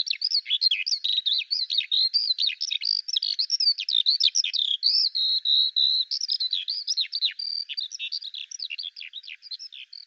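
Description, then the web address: Bird calls, a dense rapid stream of chirps, twitters and short whistled slurs, nearly nonstop, with one steadier whistled note midway. "Deverinetal 2025 File cleaned normalized Bird Al Ar"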